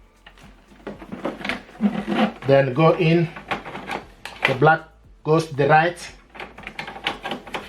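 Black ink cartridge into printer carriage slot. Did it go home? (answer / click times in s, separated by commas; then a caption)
yes / 7.1 s. A black ink cartridge is placed into the right-hand slot of the carriage in an HP DeskJet 4200e printer and pushed upward while someone talks. Small plastic taps and clicks are heard, and the cartridge snaps home with a click at 7.1 s, seated.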